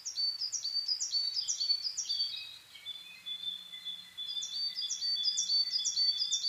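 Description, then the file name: Coal tit repeating quick, high piping double notes, a burst at the start and another near the end, with thin sustained tones between and a soft low drone. Recorded in Japan on 22 May 2010 at 17:41. "higara-20100522-1741"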